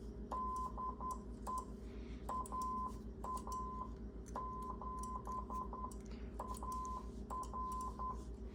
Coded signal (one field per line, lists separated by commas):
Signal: Morse code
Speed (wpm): 10 wpm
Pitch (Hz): 1020 Hz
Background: none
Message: DE AA7 TR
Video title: Dave wants a QSO w/ the Stack-O-MFJ!